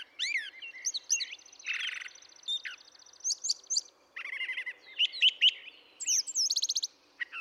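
Brown thrasher song of varied whistled slurs, a buzzy rattling phrase and sharp chirps.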